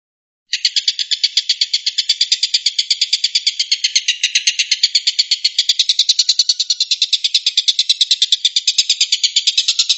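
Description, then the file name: Stork-billed kingfisher giving a harsh, buzzy rattle of rapid pulses, starting after a brief silence and running steadily to the end with no pauses. Tengkek buto giving the "tembakan" (shooting) call style. "suara tembakan tengkek buto"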